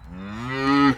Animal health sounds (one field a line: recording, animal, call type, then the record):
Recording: contact call of a hoofed animal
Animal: cattle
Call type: low-frequency (closed-mouth) or high-frequency (open-mouth) call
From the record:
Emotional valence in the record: negative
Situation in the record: full separation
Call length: 0.98 s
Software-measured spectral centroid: 1810 Hz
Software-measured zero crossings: 1470 a second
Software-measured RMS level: -22 dBFS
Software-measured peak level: -6 dBFS